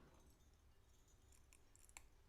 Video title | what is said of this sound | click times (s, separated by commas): DIY 006: 990XF Circuit Kit | so that's in but not fully seated it's not critical that you fully seat it | 2.0 s